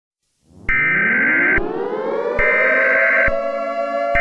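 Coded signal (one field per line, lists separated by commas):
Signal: Emergency Alert System (SAME) tones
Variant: header bursts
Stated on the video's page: Self-made mock Emergency Alert System scenario; the alert is simulated, not a real broadcast.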